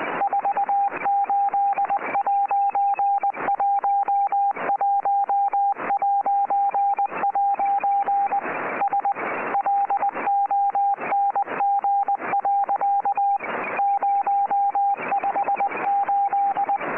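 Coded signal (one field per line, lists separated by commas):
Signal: Morse code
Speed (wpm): 20 wpm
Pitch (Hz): 800 Hz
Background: radio noise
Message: 48'11'' S LONG. 058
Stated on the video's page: Weather report in CW from a Uruguayan coast station on 8602 kHz, received on a Kenwood TS-50 with an inverted-V antenna for 40 m.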